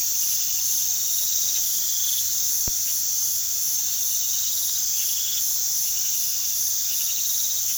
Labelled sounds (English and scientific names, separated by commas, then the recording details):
none
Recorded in pastures near Puerto Asís, Putumayo, Colombia, on 18 February 2024 at 03:00
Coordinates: 0.468, -76.328
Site G6414